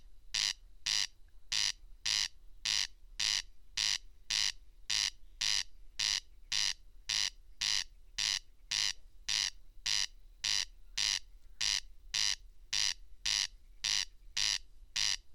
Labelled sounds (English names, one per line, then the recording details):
Corn Crake song
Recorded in the wild
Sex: male
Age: adult
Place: Schwedt/Oder, Nationalpark Unteres Odertal, Brandenburg, DE
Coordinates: 53.0362, 14.2918
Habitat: meadow
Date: 2020-07-08 00:58
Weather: 10°C, 90% humidity, almost windless
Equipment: Edirol R44, Microtech Gefell MK 250/MV220
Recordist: Frommolt, Karl-Heinz